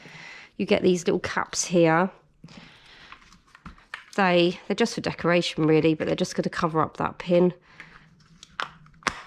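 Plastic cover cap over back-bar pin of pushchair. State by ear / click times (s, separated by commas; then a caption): seated / 8.6 s, 9.1 s. Someone talks while pressing small, purely decorative plastic cover caps over the pins on the back bar of a Hauck pushchair. Sharp clicks at 8.6 s and 9.1 s mark the caps popping into place over the pins, seating them.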